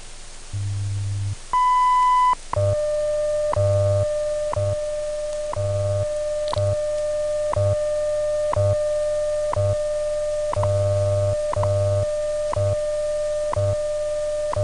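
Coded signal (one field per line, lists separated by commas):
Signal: radio time signal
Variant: WWV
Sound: low hum, a short high beep, then a steady tone broken by ticks each second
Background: low hum, radio static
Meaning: The 1000 Hz tone marks the start of a minute; ticks mark seconds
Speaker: 16 hours 31 minutes coordinated universal time [Applause] at the tone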